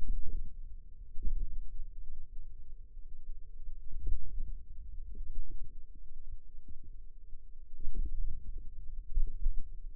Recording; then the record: forearm muscle sounds (acoustic myography)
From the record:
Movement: ulnar deviation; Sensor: system 2, bracelet of six BSWA MPA416 microphones around the upper forearm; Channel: 2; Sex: female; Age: 21 years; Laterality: right